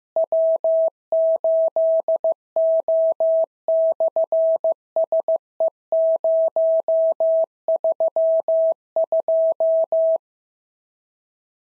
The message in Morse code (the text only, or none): W8O/SE032